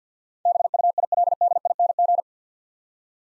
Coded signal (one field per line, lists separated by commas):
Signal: Morse code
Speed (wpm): 49 wpm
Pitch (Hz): 700 Hz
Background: none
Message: BUILDING